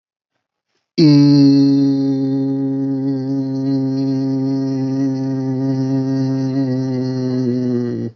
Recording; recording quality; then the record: sustained vowel as in beet; excellent, no background noise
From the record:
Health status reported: healthy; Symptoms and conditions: fever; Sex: male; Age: 40 years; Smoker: not ticked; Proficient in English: yes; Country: India